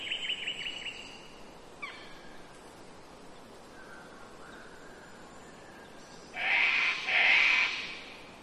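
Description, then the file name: Cockatoo screeching, two loud harsh squawks late, after rapid trilled notes and soft whistles. Mainly cockatoos, close by, among birds in rainforest in Queensland, Australia, early spring, with wind in the trees. "zapsplat nature rainforest ambience wind trees birds mainly cockatoos close by early spring qld australia"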